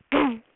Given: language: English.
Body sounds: throat vibration sensor signal played as sound; throat clearing

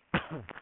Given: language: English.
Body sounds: throat vibration sensor signal played as sound; cough

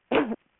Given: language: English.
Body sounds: throat vibration sensor signal played as sound; cough

